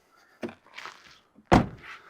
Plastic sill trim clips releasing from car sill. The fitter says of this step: So basically, you can hear it popping off and it'll just drop off out the way.